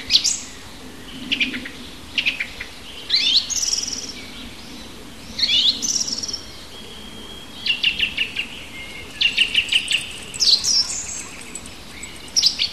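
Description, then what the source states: Bird song in several bouts: high whistled and chirping phrases and some rapid trilled notes, separated by short gaps. Native birds singing in a hedge in March.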